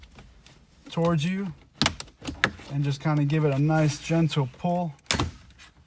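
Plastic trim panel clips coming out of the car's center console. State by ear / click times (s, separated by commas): released / 5.1 s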